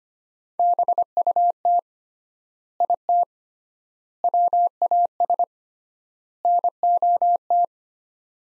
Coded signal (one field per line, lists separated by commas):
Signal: Morse code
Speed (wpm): 25 wpm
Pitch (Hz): 700 Hz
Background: none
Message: BUT IT WAS NOT